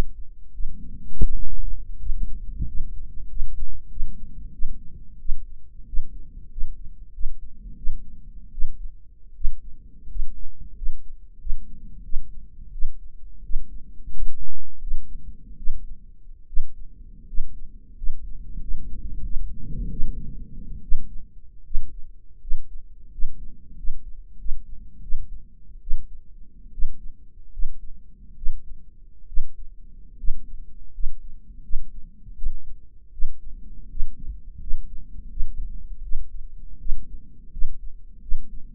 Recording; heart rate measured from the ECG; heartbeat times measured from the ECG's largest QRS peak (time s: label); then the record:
heart sounds by microphone in the right ear; 83 bpm
0.53 s: heartbeat
1.24 s: heartbeat
2.00 s: heartbeat
2.68 s: heartbeat
3.30 s: heartbeat
3.91 s: heartbeat
4.53 s: heartbeat
5.20 s: heartbeat
5.87 s: heartbeat
6.51 s: heartbeat
7.14 s: heartbeat
7.77 s: heartbeat
8.52 s: heartbeat
9.35 s: heartbeat
10.09 s: heartbeat
10.76 s: heartbeat
11.40 s: heartbeat
12.04 s: heartbeat
12.73 s: heartbeat
13.44 s: heartbeat
14.13 s: heartbeat
14.81 s: heartbeat
15.58 s: heartbeat
16.47 s: heartbeat
17.28 s: heartbeat
17.97 s: heartbeat
18.61 s: heartbeat
19.24 s: heartbeat
19.90 s: heartbeat
20.82 s: heartbeat
21.65 s: heartbeat
22.41 s: heartbeat
23.12 s: heartbeat
23.77 s: heartbeat
24.39 s: heartbeat
25.02 s: heartbeat
25.81 s: heartbeat
26.72 s: heartbeat
27.52 s: heartbeat
28.36 s: heartbeat
29.27 s: heartbeat
30.18 s: heartbeat
30.93 s: heartbeat
31.63 s: heartbeat
32.36 s: heartbeat
33.12 s: heartbeat
33.90 s: heartbeat
34.61 s: heartbeat
35.30 s: heartbeat
36.03 s: heartbeat
36.79 s: heartbeat
37.52 s: heartbeat
38.22 s: heartbeat
From the record:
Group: healthy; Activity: rest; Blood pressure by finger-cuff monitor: 167/111 mmHg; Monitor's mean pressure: 126 mmHg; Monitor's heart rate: 86 bpm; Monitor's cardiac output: 7.2 L/min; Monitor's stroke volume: 84 mL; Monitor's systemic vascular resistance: 1300 dyn s/cm5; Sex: male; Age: 23 years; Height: 179 cm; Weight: 87 kg